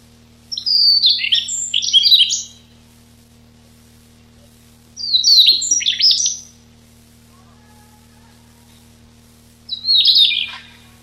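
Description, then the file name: Siberian rubythroat song: three bursts of varied scratchy, warbling high notes, with quiet pauses between them over a faint steady low hum. Recorded 6 July 1991. "Ccalliopa 6 07 91"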